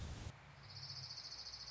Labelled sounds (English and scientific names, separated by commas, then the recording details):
Orange-crowned Warbler (Leiothlypis celata)
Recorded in Sonoma County, California